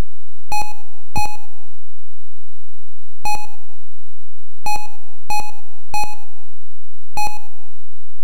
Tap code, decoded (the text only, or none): none